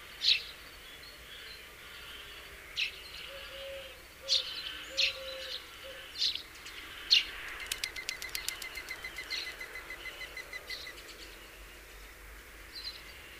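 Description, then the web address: House sparrow chirps, single sharp notes every second or two, then a rapid clicking rattle, with soft whistled calls from another bird in the background. "SETE Passer domesticus"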